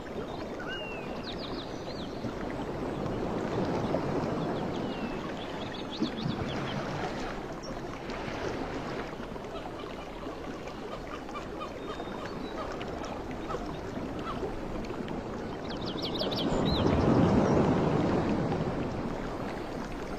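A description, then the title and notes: Ocean waves wash in a steady low roar, swelling gently around four seconds and surging louder near seventeen seconds before easing. Short bird chirps break through above the surf every few seconds, clustered near the start and again during the final swell. Ocean Beach and Forest Sounds. This 1.5-hour audio recording captures the essence of a tranquil beach setting, with water white noise. Ocean waves, and soft water splashes.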